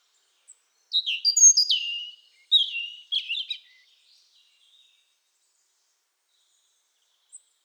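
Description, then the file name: European robin song: a single high, liquid phrase of thin whistles and rapid twittering lasting about three seconds, then silence with one faint tick near the end. "Erithacus rubecula"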